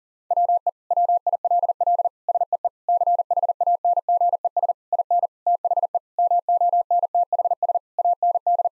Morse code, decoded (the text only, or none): WE WILL SEE CHANGES IN THE MONTHS AND